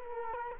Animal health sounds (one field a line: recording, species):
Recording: mosquito wingbeat signal from an infrared sensor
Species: Culex quinquefasciatus